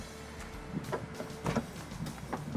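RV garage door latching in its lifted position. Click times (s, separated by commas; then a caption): 1.5 s. A technician lifts the garage door of a 2015 Keystone Outback 310TB toy hauler travel trailer RV, and it latches into its open position. A few soft knocks and rattles of the moving door are heard over a steady low hum, then a short hit at 1.5 seconds marks the lock engaging. The door is seated and locked open.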